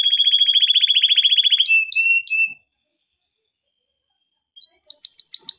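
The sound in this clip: Canary song: a fast, loud rolling trill, then a few sharp whistled notes, a two-second pause, and a high rapid trill resuming.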